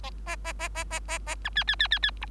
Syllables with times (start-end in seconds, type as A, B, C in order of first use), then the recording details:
0.26-0.36 A, 0.44-0.53 A, 0.59-0.69 A, 0.75-0.84 A, 0.90-0.99 A, 1.08-1.19 A, 1.26-1.35 A, 1.44-1.49 B, 1.55-1.64 C, 1.67-1.75 C, 1.79-1.88 C, 1.91-1.99 C, 2.02-2.11 C, 2.21-2.25 D. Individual Bird3